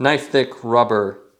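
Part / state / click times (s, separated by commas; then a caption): bike taillight into quarter-turn seatpost mount / not seated / none. A Ravemen CL01 LED bike taillight with a plastic body is handled beside its thick rubber-strap, quarter-turn seatpost mount while someone talks. No click is heard, and the taillight has not yet seated or clicked into the mount.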